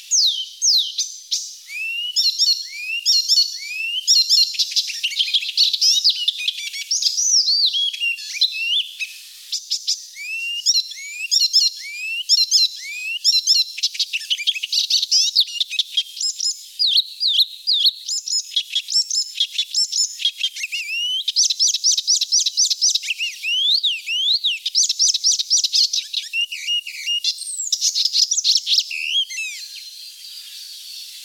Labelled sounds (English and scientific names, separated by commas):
Icterine Warbler (Hippolais icterina) song